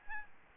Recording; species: mosquito wingbeat signal from an infrared sensor; Aedes albopictus